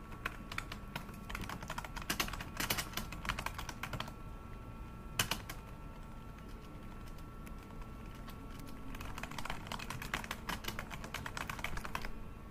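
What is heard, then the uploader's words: Office keyboard typing comes in quick, dense bursts of clicks for the first four seconds and again from about nine seconds on, with a lull between broken by one sharp tap. A steady machine hum and faint background murmur run throughout. A relaxing day at a corner office in a commercial building.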